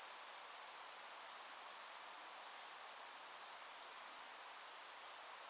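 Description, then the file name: Grasshopper stridulation, rapid ticking buzz in high-pitched bursts of roughly one second, broken by pauses, the longest gap near the end before a final burst. "Gräshoppa"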